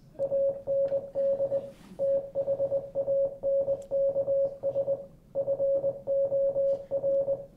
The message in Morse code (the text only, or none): AND THANKS FOR